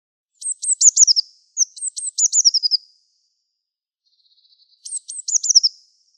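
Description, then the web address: Eurasian blue tit calls: high, thin scolding bursts of sharp notes that descend into a rapid trill, given three times, the last after a pause of about two seconds. "cianscape. Deverinetal"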